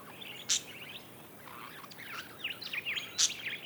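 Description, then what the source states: Budgerigar warbling: quick squeaky V-shaped chirps run together, broken by two sharp clicking notes near the start and the end. Several budgerigars, described as happy.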